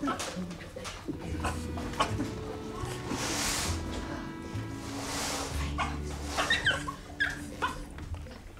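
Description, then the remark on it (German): A dog being tended to barks in short, irregular bursts, breaking into high, thin whimpers and yips between them, with a low, steady background hum throughout. “Lady Williams, Augenblick, ich muss nur erst den Hund versorgen.”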